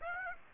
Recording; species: mosquito wingbeat signal from an infrared sensor; Aedes aegypti